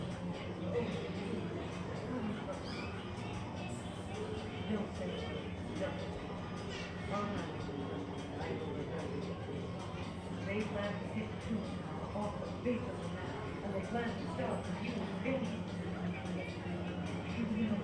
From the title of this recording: Mickey's Toon Town, Disneyland Binaural Recording